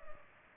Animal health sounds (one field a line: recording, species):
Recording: mosquito wingbeat signal from an infrared sensor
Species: Culex pipiens